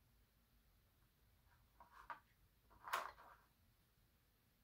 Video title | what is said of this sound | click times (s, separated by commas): Model #38 Episode 7: Assembling Voyager On the Stand | let's see does show through good there I heard the satifying click perfect | 2.9 s